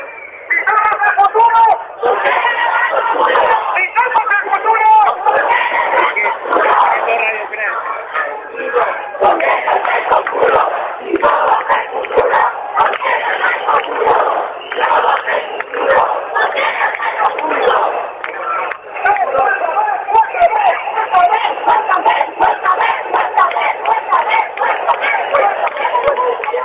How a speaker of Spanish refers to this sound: Esto es el sonido en directo desde el edificio histórico de la Universidad de Oviedo. A recortar a la Casa Real, son los gritos que estamos escuchando ahora.